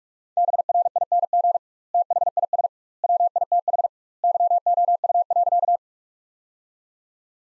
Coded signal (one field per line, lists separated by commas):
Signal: Morse code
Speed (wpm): 48 wpm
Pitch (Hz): 700 Hz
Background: none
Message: BRING THIS WITH YOU.